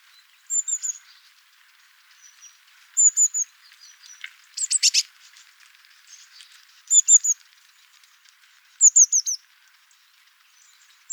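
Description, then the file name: Eurasian blue tit giving short groups of high, sliding notes, with a brief harsh burst midway. "Cyanistes caeruleus"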